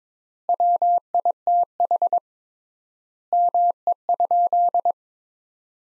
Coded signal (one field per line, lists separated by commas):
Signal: Morse code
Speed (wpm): 22 wpm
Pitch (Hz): 700 Hz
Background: none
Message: WITH ME?